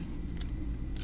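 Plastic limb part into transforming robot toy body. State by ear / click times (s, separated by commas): not seated / none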